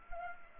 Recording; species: mosquito wingbeat signal from an infrared sensor; Anopheles arabiensis